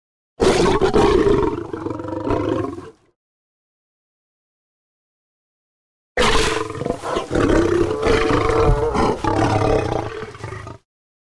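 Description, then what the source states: Lion growling in two long, rough bursts, the first about two and a half seconds, then a pause and a longer second burst. Lion snapping and growling.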